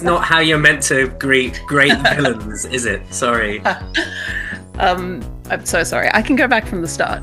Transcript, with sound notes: That’s not how you’re meant to greet great villains, is it? Sorry.
[laughter] I’m so sorry! I can go back from the start…